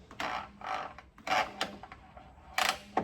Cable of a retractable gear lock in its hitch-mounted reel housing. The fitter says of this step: you have to get those little clicks to keep it from uh retracting